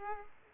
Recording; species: mosquito wingbeat signal from an infrared sensor; Aedes aegypti